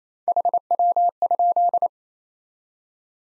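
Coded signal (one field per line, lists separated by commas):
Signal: Morse code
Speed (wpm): 28 wpm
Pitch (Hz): 700 Hz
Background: none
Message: HW?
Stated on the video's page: Morse code drill of top 20 QSO elements at 28 wpm for head-copy.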